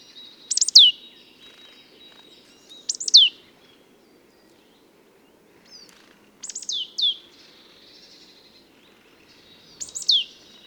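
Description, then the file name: Marsh tit call notes, quick down-slurred notes in twos or threes, repeated in bursts every few seconds over faint low background noise. "Poecile palustris"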